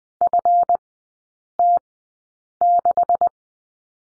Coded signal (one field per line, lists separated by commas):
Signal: Morse code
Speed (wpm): 20 wpm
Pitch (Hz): 700 Hz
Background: none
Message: FT6